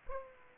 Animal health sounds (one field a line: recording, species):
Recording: mosquito wingbeat signal from an infrared sensor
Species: Aedes aegypti